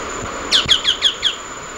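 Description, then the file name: Choco tapaculo call: five sharp, downslurred notes repeated quickly in a short burst, over a constant high background hiss. "Scytalopus chocoensis - Choco Tapaculo"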